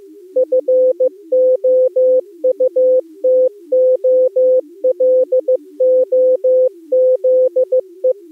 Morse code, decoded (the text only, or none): FOUTOLOZE